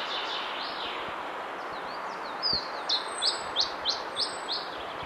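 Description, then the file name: Iberian chiffchaff song: a run of seven sharp, downslurred notes at a steady pace, about three per second, after softer notes, over a hiss. "iberischer zilpzalp"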